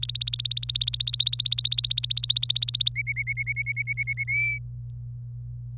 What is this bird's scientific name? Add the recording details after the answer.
Serinus canaria. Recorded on 26 April 2018 at 06:38. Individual llb3